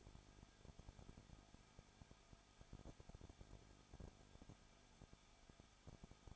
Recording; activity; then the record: daily activity, microphone in the room; no activity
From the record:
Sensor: 5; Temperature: 20.9 degrees Celsius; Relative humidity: 35.1%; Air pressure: 994.6 hPa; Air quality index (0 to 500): 154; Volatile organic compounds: 2 ppm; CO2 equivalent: 1283 ppm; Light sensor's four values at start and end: 2/3/1/1 and 2/3/1/1